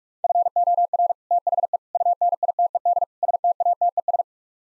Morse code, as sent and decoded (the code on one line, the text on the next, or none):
..-. --- .-. / - .... . / ..- -. .. - . -.. / ... - .- - . ...
FOR THE UNITED STATES